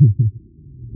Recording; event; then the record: neck accelerometer signal played as sound; no cough (speech, laughter, throat clearing or background)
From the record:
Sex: male